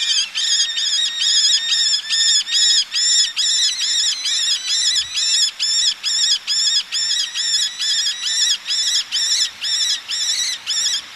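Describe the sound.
Eleonora's falcon calling: harsh, nasal harmonic notes repeated steadily about twice a second throughout, with short even gaps between them.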